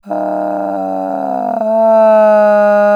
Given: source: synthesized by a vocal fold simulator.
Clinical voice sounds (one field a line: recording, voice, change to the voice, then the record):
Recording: sustained vowel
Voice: female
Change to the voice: asymmetry, level 16 of 51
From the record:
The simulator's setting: 2.50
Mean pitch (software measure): 158 Hz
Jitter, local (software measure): 0.91%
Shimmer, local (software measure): 3.3%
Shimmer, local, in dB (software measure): 0.49 dB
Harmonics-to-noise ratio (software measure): 19.7 dB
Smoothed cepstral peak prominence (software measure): 13.0 dB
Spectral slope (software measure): -25.3 dB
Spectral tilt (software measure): -11.8 dB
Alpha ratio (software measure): -15.8 dB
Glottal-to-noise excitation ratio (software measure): 0.941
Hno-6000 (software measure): 2.4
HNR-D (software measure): 28.3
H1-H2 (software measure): 0.5 dB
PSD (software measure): 2.7e-03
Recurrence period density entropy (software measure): 0.106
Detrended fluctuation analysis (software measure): 0.0318